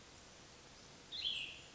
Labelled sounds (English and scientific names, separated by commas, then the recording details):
Cassin's Vireo (Vireo cassinii)
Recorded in Sonoma County, California